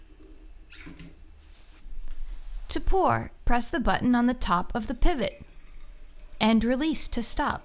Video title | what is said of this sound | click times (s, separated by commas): How To Use Coravin Pivot+ - Wine Folly | insert the pivot into the stopper until it clicks | 1.0 s